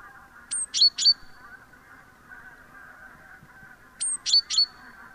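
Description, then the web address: Great tit calls: two short bursts of high, sharp notes, each a thin high whistle followed by two quick ringing chips, with a low steady hum beneath. "SETE data Parus major"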